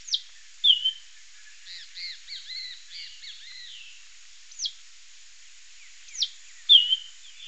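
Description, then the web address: Bird calls: sharp descending high notes and bright short chirps, with a soft run of quick two-part notes in the middle, irregularly spaced. "BIRD 2015 SABIOD 50 bird 2015"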